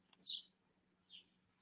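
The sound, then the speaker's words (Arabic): Sparrows outside an open window chirp in short, high-pitched bursts, a bright tweet followed by another after a pause, over a low steady hum with no voices. “وإذا صوت العصافير مزعجكم نطلب تسكير الشباك كمان.”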